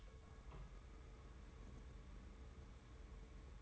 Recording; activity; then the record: daily activity, microphone in the room; open door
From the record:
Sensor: 3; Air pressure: 1015.2 hPa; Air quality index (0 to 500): 143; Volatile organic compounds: 7 ppm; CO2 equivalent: 2021 ppm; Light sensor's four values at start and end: 16/40/16/17 and 16/40/16/17